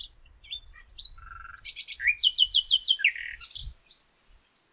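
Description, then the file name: Common nightingale singing a few thin whistled notes, then a loud run of several rapid repeated notes, ending with scattered soft chirps and a low thud. "Luscinia megarhynchos"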